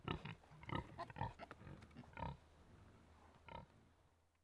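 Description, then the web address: Tamworth pig grunting softly, a few short, low grunts in quick bunches, then a single grunt, a pause and one last grunt, over a faint low hum. Three pigs grunting together. "BBC Sound Effects Library. Three Tamworth Pigs Grunting In"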